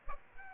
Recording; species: mosquito wingbeat signal from an infrared sensor; Aedes aegypti